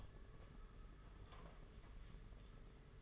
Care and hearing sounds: daily activity, microphone in the room; open door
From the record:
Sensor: 4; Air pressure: 992.4 hPa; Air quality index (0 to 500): 111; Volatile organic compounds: 20 ppm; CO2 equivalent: 2676 ppm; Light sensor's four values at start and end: 21/74/27/28 and 22/74/27/29

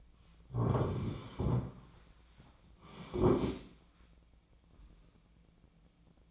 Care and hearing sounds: daily activity, microphone in the room; sit down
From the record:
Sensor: 1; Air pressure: 1009.2 hPa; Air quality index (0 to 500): 176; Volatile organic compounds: 3 ppm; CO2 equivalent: 1488 ppm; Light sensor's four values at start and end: 39/102/43/50 and 41/108/45/53

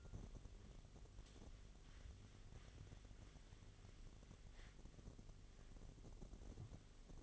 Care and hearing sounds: daily activity, microphone in the room; wipe stove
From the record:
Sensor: 4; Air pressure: 1007.8 hPa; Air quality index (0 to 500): 192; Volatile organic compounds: 6 ppm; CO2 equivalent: 1918 ppm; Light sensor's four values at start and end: 23/71/27/26 and 22/71/27/26

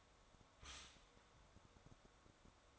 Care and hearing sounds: daily activity, microphone in the room; stop toaster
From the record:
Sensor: 3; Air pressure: 1014.7 hPa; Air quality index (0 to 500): 193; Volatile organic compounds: 22 ppm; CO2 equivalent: 2756 ppm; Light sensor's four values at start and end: 4/11/4/4 and 4/11/4/4

